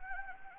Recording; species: mosquito wingbeat signal from an infrared sensor; Anopheles gambiae